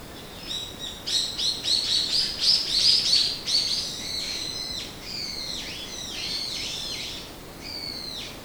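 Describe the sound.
Bird chirping, high rapid twittering notes in quick bursts, busiest early on, then sparser chirps with a steady background hiss.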